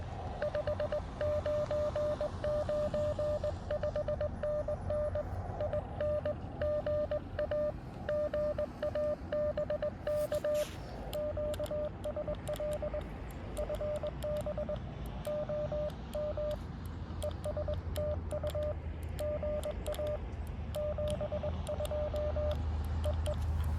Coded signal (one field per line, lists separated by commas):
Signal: Morse code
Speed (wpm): 20 wpm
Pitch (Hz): 600 Hz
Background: none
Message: 599 5NN INGA GA BK QSL FB OM ES TU GA 72 EE